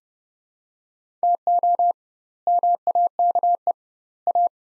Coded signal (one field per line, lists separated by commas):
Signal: Morse code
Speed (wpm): 31 wpm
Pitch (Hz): 700 Hz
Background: none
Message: TO MAKE A